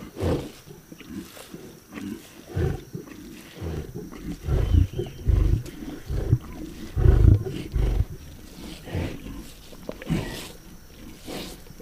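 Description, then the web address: Lion roaring: a series of deep, throaty grunts repeated roughly once or twice a second, rising and falling in loudness throughout. "big cats|lions"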